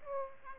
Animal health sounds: mosquito wingbeat signal from an infrared sensor; Aedes aegypti

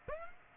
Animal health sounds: mosquito wingbeat signal from an infrared sensor; Aedes aegypti

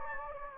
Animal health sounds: mosquito wingbeat signal from an infrared sensor; Anopheles gambiae

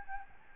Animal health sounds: mosquito wingbeat signal from an infrared sensor; Aedes albopictus

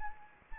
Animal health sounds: mosquito wingbeat signal from an infrared sensor; Anopheles gambiae

